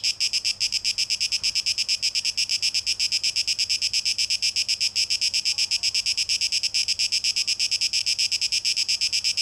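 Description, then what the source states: Cicada song, a high, dense buzzing pulsed in rapid, steady rhythm without pause, with a faint low hum beneath. Cicadas, 12 August 2023; tape echo mix.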